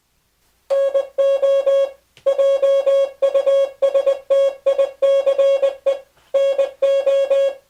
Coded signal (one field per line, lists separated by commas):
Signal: Morse code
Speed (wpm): 20 wpm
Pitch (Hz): 550 Hz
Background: music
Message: NO JUSTICE NO